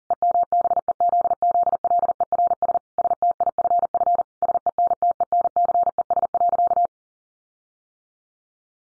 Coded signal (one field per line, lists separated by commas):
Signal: Morse code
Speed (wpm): 40 wpm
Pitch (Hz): 700 Hz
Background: none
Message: EMBEZZLERS STIFF SENTENCES.